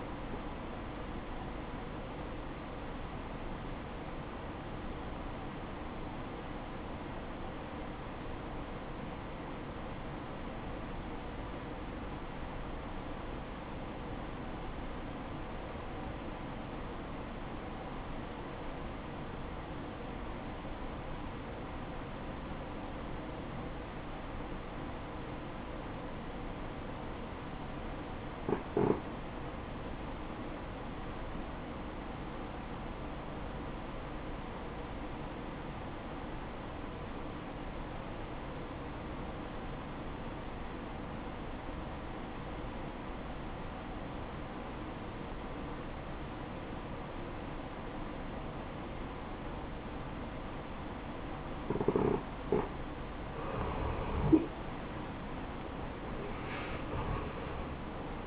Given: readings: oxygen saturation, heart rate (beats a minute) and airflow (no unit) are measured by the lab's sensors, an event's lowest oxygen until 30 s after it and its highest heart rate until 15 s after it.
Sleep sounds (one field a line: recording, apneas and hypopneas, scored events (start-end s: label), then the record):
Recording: breathing in sleep by a voice recorder at the bedside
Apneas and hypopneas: 1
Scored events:
3.00-53.60 s: obstructive apnea (REM, oxygen 94% highest, then 77% lowest, heart rate 63 at the start, 86 highest)
From the record:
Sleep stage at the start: REM sleep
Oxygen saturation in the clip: 81 to 94%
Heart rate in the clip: 52 to 70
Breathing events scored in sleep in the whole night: 573 in 9.8 hours asleep